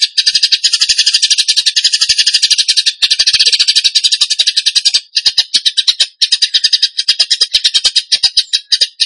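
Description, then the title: Bird song delivered as continuous rapid chattering pulses, high and scratchy, broken by a few short pauses. Masteran (training recording) of a bird singing in the gacor tembakan song style. "Masteran Burung Tembakan Gacor"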